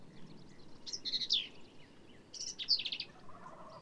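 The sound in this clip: Black-capped vireo song phrases: two quick runs of chattering, squeaky high notes a second or so apart, over a steady background rumble.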